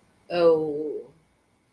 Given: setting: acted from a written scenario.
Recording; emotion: vocal sound without words; shame